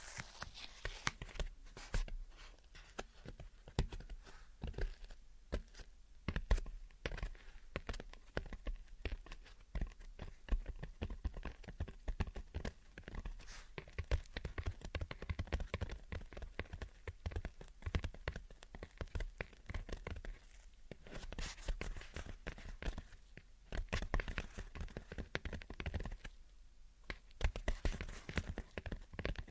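Gentle tapping and scratching runs through the whole stretch, a dense patter of small, quick, irregular taps mixed with soft scratchy strokes. The sound stays fairly even in level, with brief thinner pauses around 21 and 27 seconds before the busy tapping resumes.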